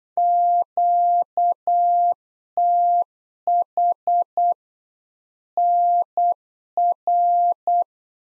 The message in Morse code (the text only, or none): QTH NR